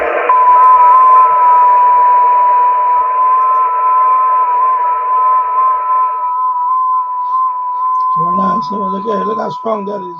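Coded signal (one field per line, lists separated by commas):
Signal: FT8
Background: speech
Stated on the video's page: FT8 contacts on the 6 m band during a live stream.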